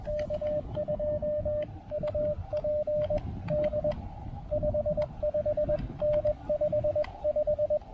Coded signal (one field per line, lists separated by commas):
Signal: Morse code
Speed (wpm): 21 wpm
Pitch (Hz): 590 Hz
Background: radio noise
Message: K2UP D 55N 55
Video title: Can the Elecraft AX1 get me through this activation? QRP POTA at Parc de la Plage Jacques Cartier!